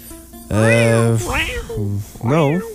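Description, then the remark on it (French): A person mimics a cat with a string of about four loud, nasal meows, some held steady and others sliding up and down in pitch, with short pauses between them. “L'étude des miaulements de chat, mettons?”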